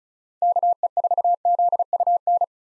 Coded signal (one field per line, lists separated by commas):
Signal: Morse code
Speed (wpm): 36 wpm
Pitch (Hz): 700 Hz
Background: none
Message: KE4ZUN